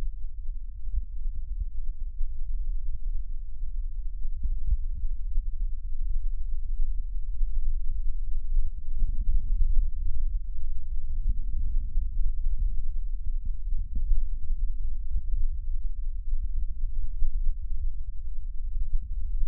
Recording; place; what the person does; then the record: lung sounds by stethoscope; left posterior basal chest; quiet breathing, then deep breathing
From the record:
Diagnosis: COPD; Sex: male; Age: 59 years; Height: 175 cm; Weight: 73 kg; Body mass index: 23.8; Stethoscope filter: bell mode